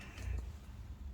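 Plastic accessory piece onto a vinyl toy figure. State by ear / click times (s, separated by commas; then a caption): not seated / none. A plastic accessory piece is being fitted onto a small ghost-themed Dimoo "No One's Gonna Sleep Tonight" blind-box vinyl toy figure, where it has to lock in properly. Soft handling rustles and faint ticks sit over a low background hum. Nothing has seated or clicked into place yet.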